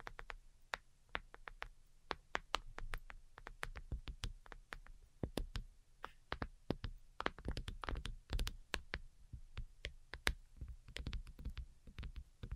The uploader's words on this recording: ASMR DELICATE Tapping for Sleep (No Talking).